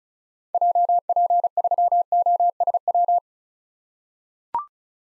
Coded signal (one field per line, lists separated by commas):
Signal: Morse code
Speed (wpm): 36 wpm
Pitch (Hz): 700 Hz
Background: none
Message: JP3OSW